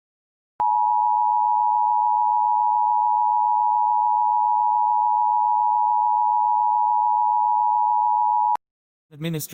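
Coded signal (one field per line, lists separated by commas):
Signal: Emergency Alert System (SAME) tones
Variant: 853 and 960 Hz attention tone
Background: speech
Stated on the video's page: Fictional mock EAS scenario about a tsunami.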